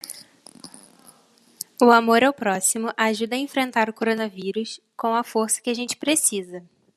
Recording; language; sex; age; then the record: spoken sentence; Brazilian Portuguese; female; 18 to 19 years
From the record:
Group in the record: control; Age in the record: 18 years